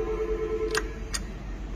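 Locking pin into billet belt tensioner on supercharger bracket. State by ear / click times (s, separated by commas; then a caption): seated / 0.8 s. A locking pin is pushed into the guide hole of a billet belt tensioner on a C5-C6 supercharger bracket to pre-load it. One short metallic hit is heard at 0.8 s over a steady low hum, with a fainter tick near 1.2 s. The pin drops in and locks in place, leaving slack on the tensioner.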